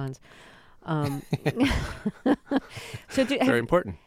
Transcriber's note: laughter